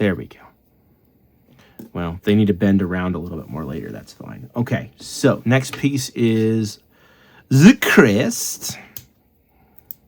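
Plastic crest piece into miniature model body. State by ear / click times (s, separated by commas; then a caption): seated / 9.9 s. Someone talks, then the plastic crest piece of a Warhammer Age of Sigmar Alarith Spirit of the Mountain miniature kit is pressed into its socket on the model body. It seats with a sharp snap at 9.9 s.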